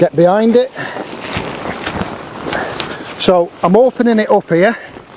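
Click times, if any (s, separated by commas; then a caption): none. Someone talks while pushing open the collapsible frame of an Avid EXO+ Bivvy fishing shelter, working a frame arm toward locking into its central hub. Between the speech comes a stretch of broadband rustling and handling noise with a couple of brief sharp knocks. The clip ends before the arm goes home, so nothing has seated or clicked yet.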